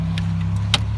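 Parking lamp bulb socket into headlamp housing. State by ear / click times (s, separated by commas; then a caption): seated / 0.7 s. A new parking lamp bulb socket is turned gently to the right in the headlamp housing of a 2012–2019 BMW, replaced to fix a parking lamp malfunction warning. Over a steady low hum, a faint tick at 0.2 s is followed by a sharp, bright click at 0.7 s as the socket twist-locks and seats in the housing.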